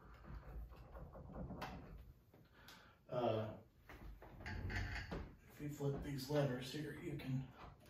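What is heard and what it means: Someone talks while handling the drawer of a wooden music production desk, flipping the release levers on its heavy-duty locking slides, with a few short knocks and sliding sounds. The drawer has not been pushed home yet, and nothing has locked or clicked into place.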